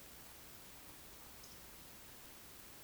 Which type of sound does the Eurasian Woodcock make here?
whistle, croak